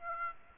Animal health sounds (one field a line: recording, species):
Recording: mosquito wingbeat signal from an infrared sensor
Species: Aedes aegypti